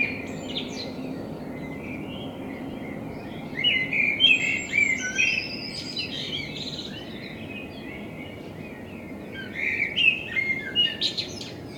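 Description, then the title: Common blackbird singing two warbling phrases that end in high twittering, separated by a pause, with faint steady background hum. Binaural recording with a self-built dummy head, in front of the recordist's window; intended for headphone listening. "Kunstkopfaufnahme der Amsel vor meinem Fenster"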